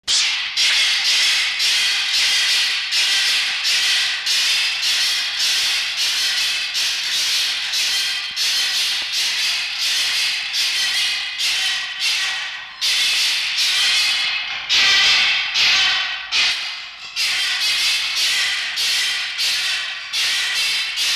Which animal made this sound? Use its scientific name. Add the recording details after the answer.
Vulpes vulpes. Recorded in captivity. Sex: diverse. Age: diverse. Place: Zoologisches Institut der HUB, Berlin, DE. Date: 1952-11-21 18:25. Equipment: Elmetra. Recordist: Tembrock, Günter. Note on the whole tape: Mucki (in Ecke 20 hochgestellt): Pfau-Schrei II; Toni (in 7a): helles Keckern